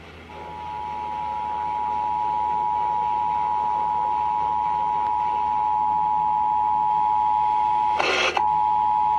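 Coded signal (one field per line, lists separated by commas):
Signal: Emergency Alert System (SAME) tones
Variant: 853 and 960 Hz attention tone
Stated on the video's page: Amber Alert / Child Abduction Emergency alert.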